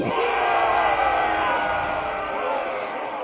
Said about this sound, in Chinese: 当时格罗马士的手下都为他的这番言辞欢呼雀跃